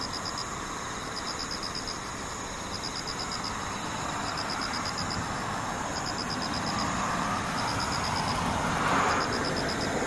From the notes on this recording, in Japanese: ムシ